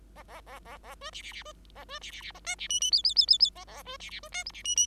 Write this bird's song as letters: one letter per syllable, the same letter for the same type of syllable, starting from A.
A A A A A B C C C B A B C C C D C E E F F F F F A A B C C B D G C E E